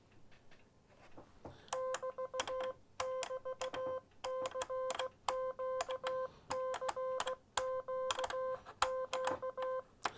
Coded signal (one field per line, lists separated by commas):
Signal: Morse code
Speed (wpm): 16 wpm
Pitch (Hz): 520 Hz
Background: none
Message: <BT><BT> CQ CQ Q